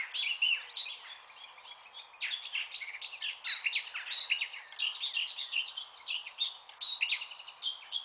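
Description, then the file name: Eurasian blackcap song, dense fast warbling of scratchy and whistled notes in repeated bursts. "Sylvia atricapilla"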